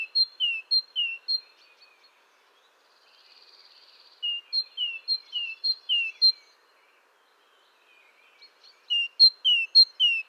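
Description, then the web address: Great tit singing a fast seesawing two-note phrase, high then lower, repeated in three bursts separated by short silences, with a faint buzz in one gap. "SETE data Parus major"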